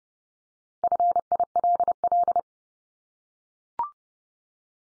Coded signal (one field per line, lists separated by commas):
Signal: Morse code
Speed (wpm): 30 wpm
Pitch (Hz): 700 Hz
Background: none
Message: FILL